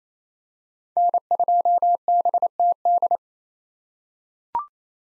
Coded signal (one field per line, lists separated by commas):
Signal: Morse code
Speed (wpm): 28 wpm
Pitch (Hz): 700 Hz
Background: none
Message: N2BTD